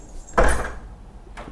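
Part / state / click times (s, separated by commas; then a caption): door latch blocked by foam door guard on a room door / not seated / none. A room door is pushed shut against a soft foam guard fitted on its edge, giving a broad soft bump near 0.4 s and a smaller knock near 1.4 s. The guard stops the door midway, so the latch does not catch and nothing has clicked shut.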